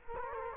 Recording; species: mosquito wingbeat signal from an infrared sensor; Culex quinquefasciatus